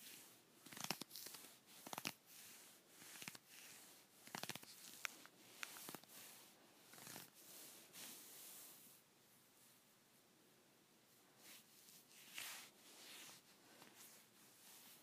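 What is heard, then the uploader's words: Fingernails scratch across leggings in short, hissy strokes, fairly regular for the first eight seconds, roughly one every half second to second. After that the rubbing turns softer and more continuous, with a few brighter swipes near twelve and fourteen seconds. ASMR Scratching my Leggings.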